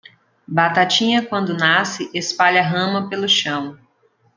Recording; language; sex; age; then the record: short text; Brazilian Portuguese; female; 30 to 39 years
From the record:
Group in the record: control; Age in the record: 32 years